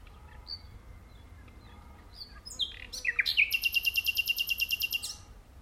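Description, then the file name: Common nightingale song: a few scattered notes, then a fast, even series of repeated loud chirps lasting about two seconds. "Luscinia megarhynchos"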